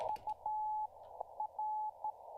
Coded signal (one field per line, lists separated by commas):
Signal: Morse code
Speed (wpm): 13 wpm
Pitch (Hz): 860 Hz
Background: none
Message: U R